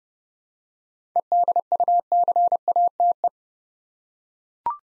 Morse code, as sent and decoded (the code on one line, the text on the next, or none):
. -.. ..- -.-. .- - .
EDUCATE